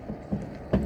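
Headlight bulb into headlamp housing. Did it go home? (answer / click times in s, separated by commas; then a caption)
yes / 0.7 s. A headlight bulb for a 2013 Nissan NV3500 is lined up with the slots in the headlamp housing and pushed in. Low, soft handling noise leads to one short, sharp click at 0.7 seconds. The bulb seats into the housing slot.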